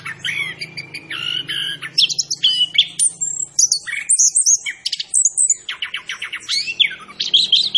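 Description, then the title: Orange-headed thrush giving a varied song of clear whistles, buzzy phrases and a quick rattling series of repeated notes, phrases separated by brief gaps. Local name anis kembang; described as gacor, a bird singing persistently; variant called macan. "Anis Kembang Gacor 8. Suara Anis Kembang Macan"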